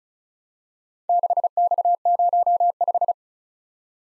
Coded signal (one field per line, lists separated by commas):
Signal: Morse code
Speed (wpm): 37 wpm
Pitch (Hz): 700 Hz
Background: none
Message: 6X05